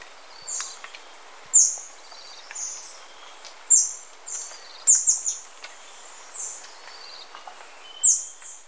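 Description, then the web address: Rusty-winged barbtail calls: very high, thin, downslurred squeaky notes in short irregular bursts, some in quick pairs or triplets, over a steady faint hiss. In Ecuador, South America. "Birds of Ecuador. Rusty-winged Barbtail"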